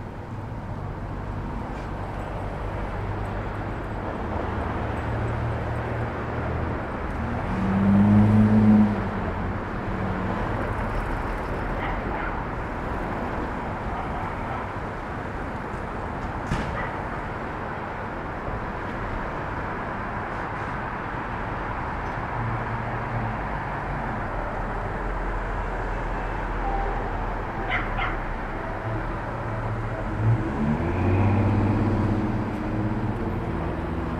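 A Brooklyn rooftop at Starr Street and Irving Avenue, filled with a steady low rumble of city traffic. A vehicle swells past around eight seconds and another low engine rises near thirty-one seconds, with brief sharp knocks scattered in between.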